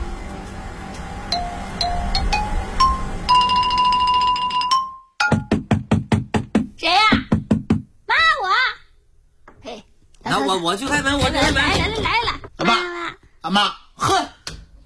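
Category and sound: household object, knocking on a door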